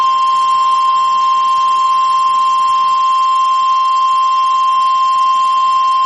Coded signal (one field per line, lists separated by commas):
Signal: Emergency Alert System (SAME) tones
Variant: 1050 Hz attention tone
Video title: Cipher EAS Report: (11/29/2022, Louisiana)